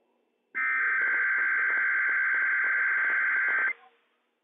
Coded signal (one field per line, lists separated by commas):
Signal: Emergency Alert System (SAME) tones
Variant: header bursts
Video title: Inland Northwest RWT - WWF56 - EAS #118 - 11:40 AM PDT 6/22/21